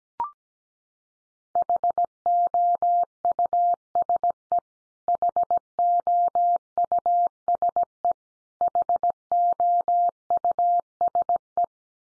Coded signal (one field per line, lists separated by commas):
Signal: Morse code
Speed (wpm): 17 wpm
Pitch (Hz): 700 Hz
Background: none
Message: HOUSE HOUSE HOUSE